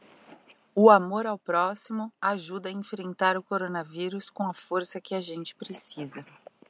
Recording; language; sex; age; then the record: spoken sentence; Brazilian Portuguese; female; 30 to 39 years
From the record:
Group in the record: control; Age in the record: 35 years